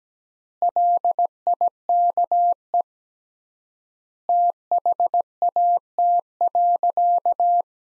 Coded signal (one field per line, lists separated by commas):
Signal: Morse code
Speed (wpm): 17 wpm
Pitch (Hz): 700 Hz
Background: none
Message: LIKE THAT.